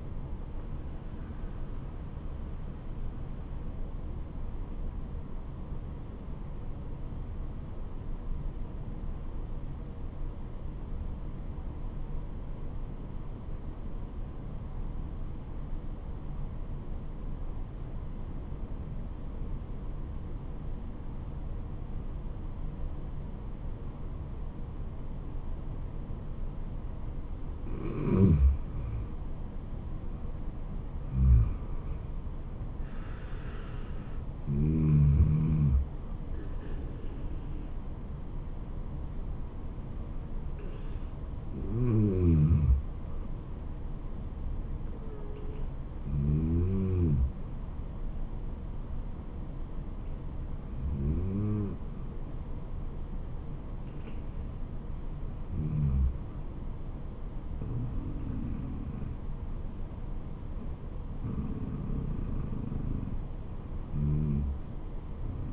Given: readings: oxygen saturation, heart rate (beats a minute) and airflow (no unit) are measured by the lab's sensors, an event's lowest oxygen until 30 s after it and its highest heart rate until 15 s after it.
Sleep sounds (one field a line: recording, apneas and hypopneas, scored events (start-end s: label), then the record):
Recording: breathing in sleep by a smartphone at the bedside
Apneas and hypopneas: 1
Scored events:
9.00-29.90 s: obstructive apnea (N2, oxygen 97% highest, then 90% lowest, heart rate 71 at the start, 75 highest)
From the record:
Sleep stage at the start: N2 (light sleep)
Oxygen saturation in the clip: 90 to 97%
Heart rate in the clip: 66 to 76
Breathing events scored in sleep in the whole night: 426 in 7.4 hours asleep